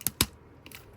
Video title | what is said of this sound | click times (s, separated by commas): Transformers Age Of The Primes Autobot Sandstorm VS Slugslinger - FULL REVIEW / TRANSFORMATIONS | push uh apply force to push it down and then you hear that hear that snap. | 0.2 s